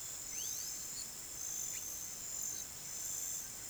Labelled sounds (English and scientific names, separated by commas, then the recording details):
none
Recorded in pastures near Puerto Asís, Putumayo, Colombia, on 29 June 2025 at 17:30
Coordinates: 0.486, -76.323
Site H29